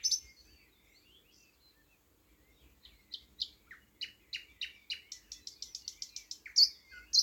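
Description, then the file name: Thrush nightingale song: opening whistle, scattered soft notes, then a steadily accelerating series of loud clicking notes ending in sharp high whistles. "thrush nightingale - luscinia luscinia"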